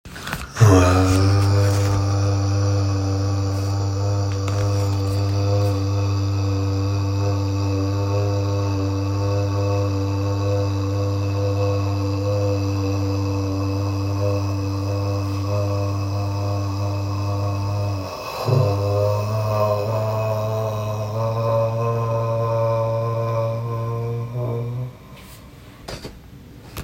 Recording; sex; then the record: sustained vowel /a/; male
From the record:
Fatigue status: fatigue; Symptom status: symptomatic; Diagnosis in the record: COVID-19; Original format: m4a